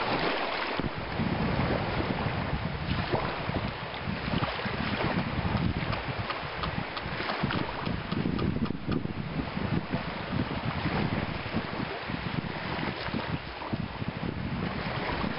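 Ocean surf rolls steadily onto a beach, a continuous dense wash with a low rumble underneath and a hissing top. Loudness stays nearly level throughout, with small swells rather than distinct wave crashes, and gusts of wind buffet the microphone.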